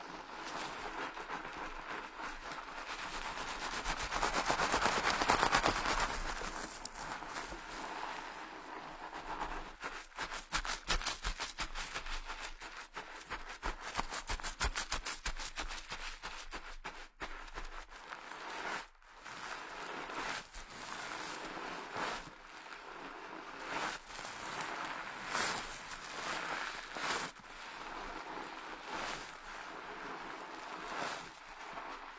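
A head massage session of dense, rapid crackling and scratching taps, steady throughout, with brief pauses around ten, seventeen and nineteen seconds.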